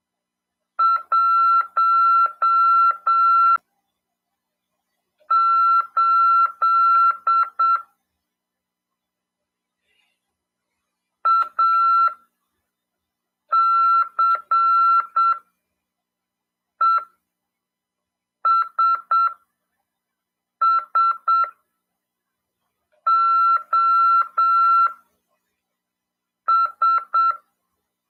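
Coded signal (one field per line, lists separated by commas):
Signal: Morse code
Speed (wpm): 7 wpm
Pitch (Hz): 1350 Hz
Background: none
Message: 18 ACESSOS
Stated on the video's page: Morse lesson in a ham radio class on FM 146.410 MHz.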